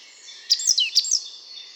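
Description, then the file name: Great tit: two quick bursts of thin, high notes, one sliding downward, over a faint background hiss. "Parus major"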